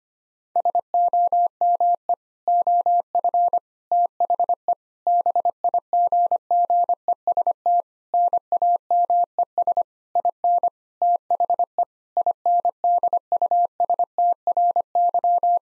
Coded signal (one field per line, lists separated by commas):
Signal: Morse code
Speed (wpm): 25 wpm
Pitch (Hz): 700 Hz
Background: none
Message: SOME OF THE BIGGEST NAMES IN THE INDUSTRY